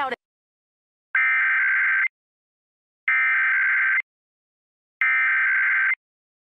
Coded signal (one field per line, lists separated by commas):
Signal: Emergency Alert System (SAME) tones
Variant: header bursts